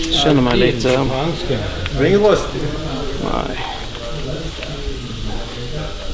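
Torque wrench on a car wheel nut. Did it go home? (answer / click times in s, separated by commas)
yes / 4.6 s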